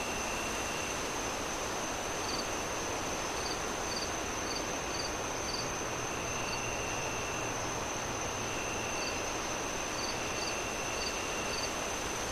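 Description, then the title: Cricket giving bursts of high chirps with long pauses between groups, heard through heavy, roaring wind noise. Crickets on a windy night, wind howling through trees. "Relaxing Crickets Sounds On A Windy Night"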